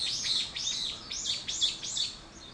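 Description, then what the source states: Bird calls: loud, clear, high arching chirps given in quick succession over a quiet background. Wild birds; 21 April 2023.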